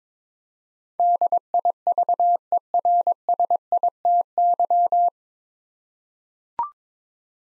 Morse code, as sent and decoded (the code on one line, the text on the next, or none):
-.. .. ...- . .-. ... .. - -.--
DIVERSITY